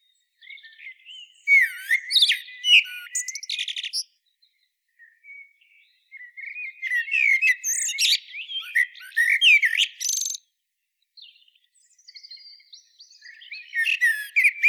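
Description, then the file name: Common blackbird singing repeated phrases, each a mellow whistled start breaking into a rapid high, scratchy twitter, separated by short pauses. "Turdus merula"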